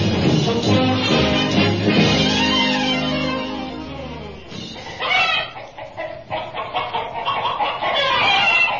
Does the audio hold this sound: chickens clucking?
yes